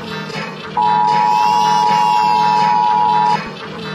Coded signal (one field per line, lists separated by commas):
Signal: Emergency Alert System (SAME) tones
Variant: 853 and 960 Hz attention tone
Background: music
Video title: Egypt EAS alarm (1999)